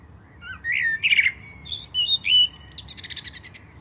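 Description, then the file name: Common blackbird delivering a mellow whistled warble followed by a string of sharp, high, squeaky notes. "Turdus merula"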